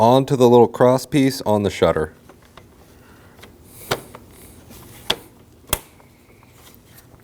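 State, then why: Seated. Someone talks briefly, then one side of the plastic Y-shaped trim piece beside the hood latch on a 2015-2024 Ford Edge 2.0L L4 is pushed onto the small cross piece on the grille shutter during an AC condenser replacement. After a few quieter knocks, two sharp plastic snaps ring out at 5.1 s and 5.7 s as the piece seats.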